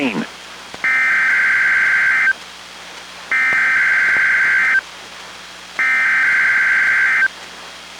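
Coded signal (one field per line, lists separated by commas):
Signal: Emergency Alert System (SAME) tones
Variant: header bursts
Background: speech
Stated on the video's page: NOAA Weather Radio Required Weekly Test from a backup station, received on a Reecom R-1630 weather radio and recorded with a Zoom H1 recorder.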